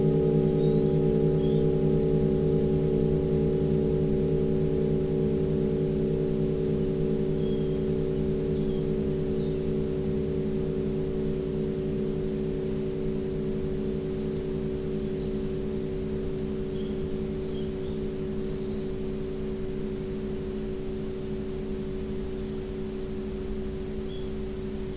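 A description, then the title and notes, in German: Singing bowls ring in a long, steady sustain, their layered low and middle tones holding for the whole stretch with a slow, regular wavering beat. The sound fades only slightly over the time, with faint soft chirps scattered high above. Begleitet von den Schwingungen der Klangschalen.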